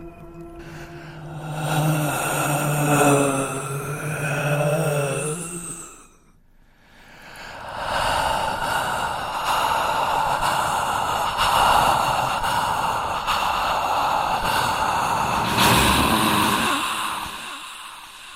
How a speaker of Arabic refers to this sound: النور اتقطع، وهدوء استمر دقيقة، والحرارة اختفت. مش سمع أي حاجة غير صوت أنفاس جنب ودني.